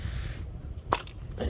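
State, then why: Released. During engine removal on a 2006–2011 Chevy HHR, the plastic MAP sensor (or its connector) in the intake area is pressed down and pulled free from the intake manifold. A sharp snap is heard at 0.9 s over a low background rumble, followed by a fainter tick. The sensor is released.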